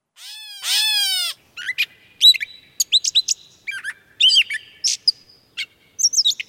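Catbird with one nasal mew, then a jumble of squeaky, varied chips and twittering notes in quick, irregular bursts.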